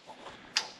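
A torque wrench set at 45 tightens a pre-combustion chamber into an early Caterpillar diesel engine head. Faint low mechanical sounds lead up to a single sharp, bright click at 0.6 s. The click shows the wrench has reached its setting.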